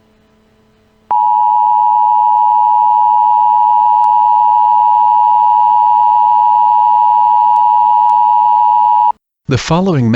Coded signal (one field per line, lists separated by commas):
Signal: Emergency Alert System (SAME) tones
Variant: 853 and 960 Hz attention tone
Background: speech